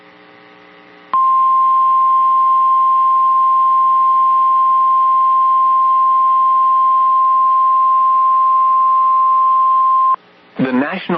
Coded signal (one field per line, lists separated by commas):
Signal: Emergency Alert System (SAME) tones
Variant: 1050 Hz attention tone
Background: speech